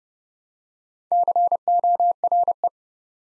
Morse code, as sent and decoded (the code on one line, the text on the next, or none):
-.-. --- .-. .
CORE